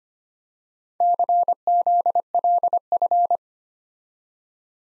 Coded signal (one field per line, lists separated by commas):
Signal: Morse code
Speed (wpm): 25 wpm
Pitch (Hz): 700 Hz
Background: none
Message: CZLF